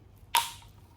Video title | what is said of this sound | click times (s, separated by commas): Maintenance Video: Pacvac Glide 300 Vacuum Maintenance | Two clicks together. And that's it. | 0.3 s